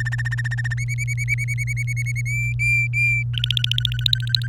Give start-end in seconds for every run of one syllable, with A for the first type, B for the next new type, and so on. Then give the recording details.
0.00-0.74 A, 0.77-2.21 B, 2.25-3.23 C, 3.33-4.47 D. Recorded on 24 April 2018 at 17:09. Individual llb3